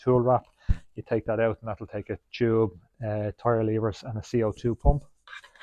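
Someone talks while handling the storage hatch door of a Gen4 Trek Domane SLR6 Team Issue bicycle, bringing it back toward its compartment in the frame's down tube after the tool wrap has been taken out. A few faint, brief handling sounds come in the last quarter second. The door has not yet locked into place; nothing has seated or clicked yet.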